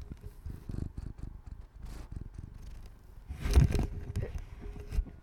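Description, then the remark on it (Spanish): A cat named Aika purrs steadily in a low, rumbling rhythm of soft pulses, with a brief louder rustle partway through as it rubs against and sniffs the microphone of a Zoom H1 recorder. “Esa es Aika ronroneando.”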